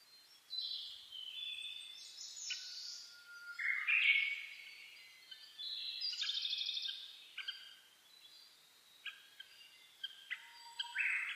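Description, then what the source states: Birds (dawn chorus): birds singing at dawn, varied warbles and whistles, then a series of short clipped notes spaced irregularly toward the end. Dawn chorus (reimei, saezuri) recorded on 10 May 2010 at about 04:01.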